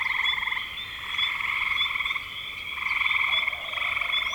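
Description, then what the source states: Frogs in a dense calling chorus, overlapping pulsed trills in long bursts, with a steady high whine running throughout. Recorded in spring 2025.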